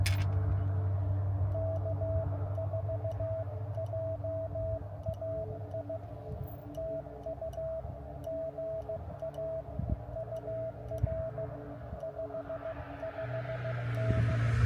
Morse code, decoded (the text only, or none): K4JAI TU GA UR 55N